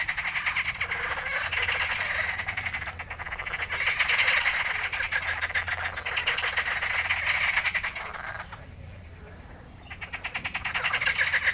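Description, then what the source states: Edible frogs croaking in a dense chorus of rapid, rattling croaks that swell and fade. In nature.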